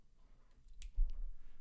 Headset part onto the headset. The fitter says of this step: this snaps right in